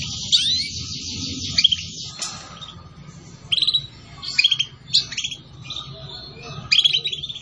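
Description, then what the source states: Canary singing bright chirps and quick trilled phrases, a buzzy opening note then scattered bursts of rattling song over a faint low rumble. Canary song used as a lure (pikat) to attract birds.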